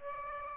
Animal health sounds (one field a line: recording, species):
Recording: mosquito wingbeat signal from an infrared sensor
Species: Aedes aegypti